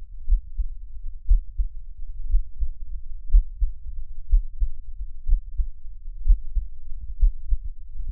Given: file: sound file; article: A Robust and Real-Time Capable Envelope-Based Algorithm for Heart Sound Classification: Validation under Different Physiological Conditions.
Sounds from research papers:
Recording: heart sounds by electronic stethoscope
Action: rest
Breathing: normal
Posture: lying on left side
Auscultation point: Erb’s point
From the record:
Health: healthy, no known heart disease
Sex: male

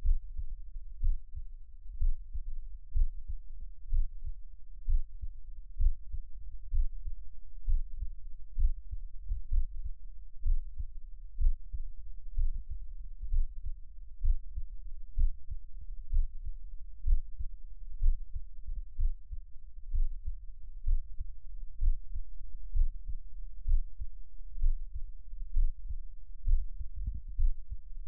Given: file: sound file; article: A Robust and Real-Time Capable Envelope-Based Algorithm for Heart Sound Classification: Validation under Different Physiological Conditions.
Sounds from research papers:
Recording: heart sounds by electronic stethoscope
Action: rest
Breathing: normal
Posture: sitting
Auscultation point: Erb’s point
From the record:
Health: healthy, no known heart disease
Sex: male

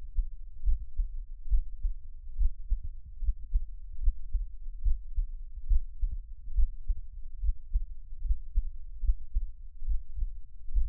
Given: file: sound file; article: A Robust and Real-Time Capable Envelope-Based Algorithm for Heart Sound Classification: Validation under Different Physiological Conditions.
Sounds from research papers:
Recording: heart sounds by electronic stethoscope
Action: rest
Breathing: normal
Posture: lying on left side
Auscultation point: Erb’s point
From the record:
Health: healthy, no known heart disease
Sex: male

